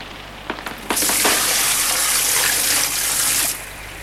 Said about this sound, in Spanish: Decididamente cogí un cubo de agua que vertí sobre las llamas. El estrepitoso sonido del desvanecimiento de las llamas inundó la habitación, al igual que un ahogante humo que no tardó mucho en disiparse.